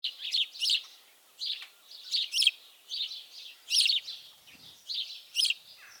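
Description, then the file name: House sparrow giving loud, harsh chirps in clustered pairs and triplets, each burst separated by short pauses, with little else audible. "Passer domesticus"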